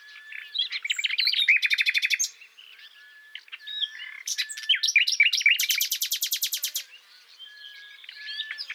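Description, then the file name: Common nightingale delivering two loud song phrases, each building into a fast, evenly repeated stuttering trill, with soft background chirps between them. "Luscinia megarhynchos"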